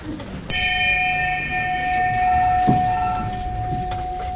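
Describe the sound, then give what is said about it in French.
A bell is struck once to mark a completed deal and rings on with a steady, sustained tone and bright shimmering overtones that slowly fade, while a low rumble continues underneath. “On sonne la cloche.”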